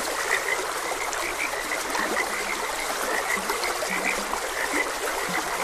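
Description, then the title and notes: Frog: short croaks from several frogs repeat without pause, mixed with the even rush of a flowing stream and occasional lower notes. Frogs croaking beside a gentle stream. "Gentle Stream and Frogs Croaking. Sleep and Relaxation Podcast"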